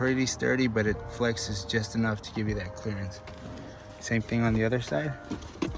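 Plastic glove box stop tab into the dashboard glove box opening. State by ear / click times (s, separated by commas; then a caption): not seated / none. Someone talks while handling the plastic glove box stop tab on a 2014 Toyota Corolla, flexing it toward the dashboard glove box opening after replacing the cabin air filter. The tab has not seated or clicked in yet.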